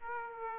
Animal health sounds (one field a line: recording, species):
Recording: mosquito wingbeat signal from an infrared sensor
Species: Aedes aegypti